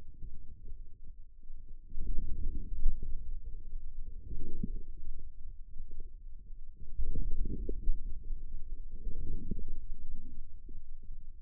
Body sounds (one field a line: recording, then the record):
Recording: forearm muscle sounds (acoustic myography)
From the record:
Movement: inward rotation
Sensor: system 2, bracelet of six BSWA MPA416 microphones around the upper forearm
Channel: 2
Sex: male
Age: 22 years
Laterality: right